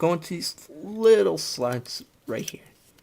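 Someone talks while folding up the plastic arm of a Transformers Combiner Wars robot toy so its small tabs line up with matching slots in the body. Nothing has seated or clicked yet.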